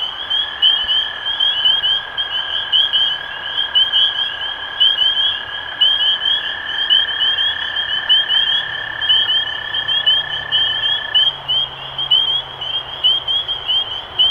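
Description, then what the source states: Spring peepers calling in a shrill, steady chorus of upslurred peeps, accompanied by a long even lower trill for most. Recorded 23 March 2012.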